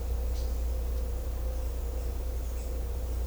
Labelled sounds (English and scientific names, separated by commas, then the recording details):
none
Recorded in secondary vegetation near Puerto Asís, Putumayo, Colombia, on 16 December 2024 at 11:30
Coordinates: 0.500, -76.326
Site G065